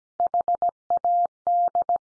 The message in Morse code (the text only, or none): HAD